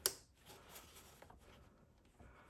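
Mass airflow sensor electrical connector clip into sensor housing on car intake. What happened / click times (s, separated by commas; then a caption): The plastic connector clicked into place / 0.1 s. A plastic electrical connector clip on the mass airflow sensor of a 2013-2018 Toyota RAV4 is slid back into place on the sensor housing on the car's intake after the sensor has been cleaned and reinstalled. A sharp click at 0.1 s marks the clip seating, followed by quiet handling noises. The clip is seated and the sensor is installed.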